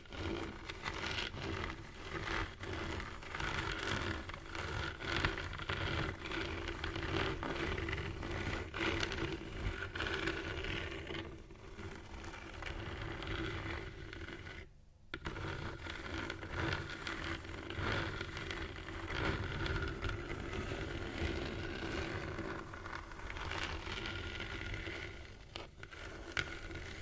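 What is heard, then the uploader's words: Scratching textures run almost without pause, a dense, rough rasping that surges and eases in uneven strokes. A low rumble sits underneath throughout, and near the fifteen-second mark the sound cuts out briefly before the scraping resumes, gritty, until the end. ASMR Scratching Textures （No Talking）.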